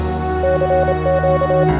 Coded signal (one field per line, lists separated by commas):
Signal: Morse code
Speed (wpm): 27 wpm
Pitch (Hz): 550 Hz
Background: music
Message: CQ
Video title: ARISS SSTV with kids